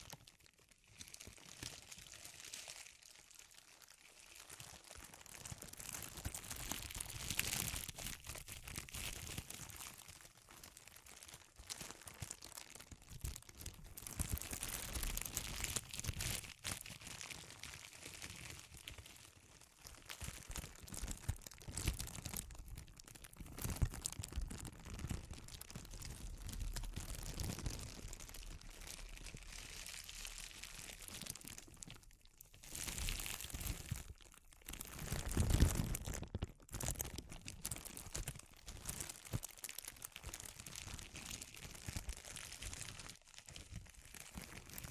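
Close, sensitive crinkling fills the whole recording, a dense run of crisp rustles and crunches with bright, papery detail. The handling shifts in bursts, with brief near-silent pauses around 33 seconds and a sharper crunch near 35 seconds, in a quiet small room.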